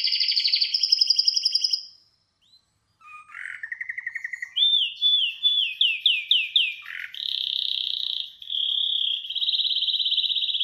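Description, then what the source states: Canary song: a high trill, a brief pause, then lower rolling notes, a run of swept notes and closing buzzy trills. Irish Fancy breed canary.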